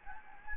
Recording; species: mosquito wingbeat signal from an infrared sensor; Anopheles gambiae